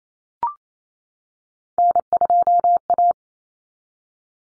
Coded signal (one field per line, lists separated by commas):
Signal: Morse code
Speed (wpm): 28 wpm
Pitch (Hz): 700 Hz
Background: none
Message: N2A